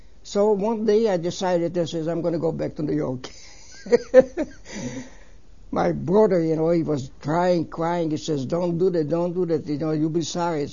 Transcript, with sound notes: So one day I decided, I says, "I'm gonna go back to New York." ( he laughs ) My brother, you know, he was crying, crying, he says, "Don't do that, don't do that, you know, you'll be sorry."